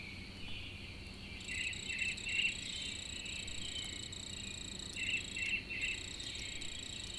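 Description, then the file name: Cricket keeps up an even, piercing high trill; a thinner, higher tone runs alongside, and short bird chirps come in small clusters. A lone cricket in the early morning with birds, April 2012. "freesound Early AMBirds Lone Cricket"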